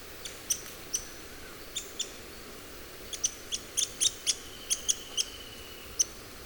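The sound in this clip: Pink-legged graveteiro giving thin, high ticking notes, scattered at first and then bunched in rapid runs, with a faint high drawn-out tone near the end.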